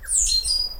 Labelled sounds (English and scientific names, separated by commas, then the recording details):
Stitchbird (Notiomystis cincta) song
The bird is a male
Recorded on Tiritiri Matangi Island, New Zealand, in 2005
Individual 12, of nest box 16